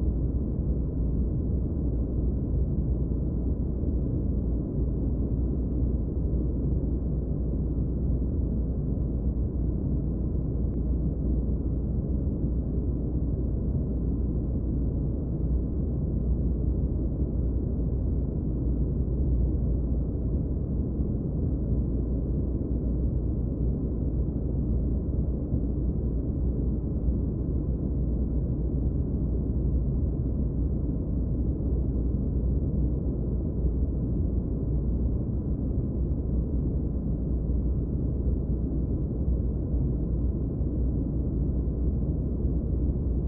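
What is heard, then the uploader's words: Steady white noise, filtered so it sounds deep and muffled: a dense low rush and rumble with nothing bright or hissy on top. The level stays constant for the full length, with no breaks, events or other sounds. White Noise.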